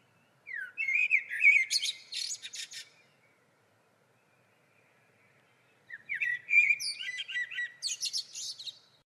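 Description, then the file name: Common blackbird singing two strophes, each a short mellow whistled motif followed by a thin, scratchy high-pitched twitter, with roughly three seconds of silence between them. "Turdus merula"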